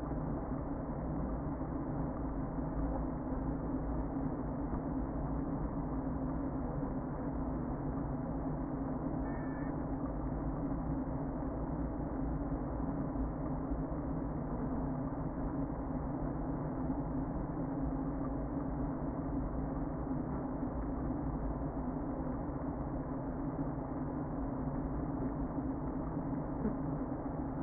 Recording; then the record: honeybee colony, microphone inside the hive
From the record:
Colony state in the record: queen present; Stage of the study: before two queens were removed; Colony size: about 60,000 bees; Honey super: yes